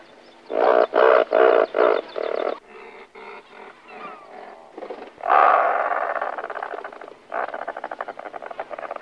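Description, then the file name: Razorbill giving harsh, growling calls in bursts of pulsed, creaky notes, loud at first, then softer rasping phrases, a long grating growl and more pulsed notes. "alka-malá"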